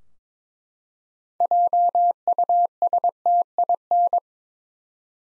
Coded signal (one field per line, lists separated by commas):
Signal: Morse code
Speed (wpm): 21 wpm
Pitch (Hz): 700 Hz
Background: none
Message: JUSTIN